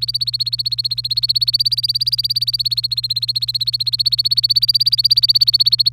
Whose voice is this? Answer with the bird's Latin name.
Serinus canaria